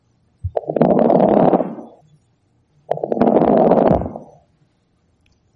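Fine crackles heard over an adult's lungs through a stethoscope, fine and sandpaper-like, the 'little bubbles' as opposed to coarse crackles, in two long breath sounds.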